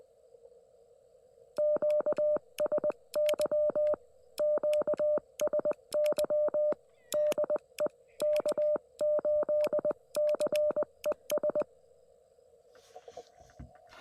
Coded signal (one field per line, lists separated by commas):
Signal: Morse code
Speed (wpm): 20 wpm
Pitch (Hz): 590 Hz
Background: none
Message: QSY QSY DE K8CES